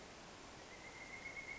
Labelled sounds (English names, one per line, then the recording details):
Pileated Woodpecker
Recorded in Sonoma County, California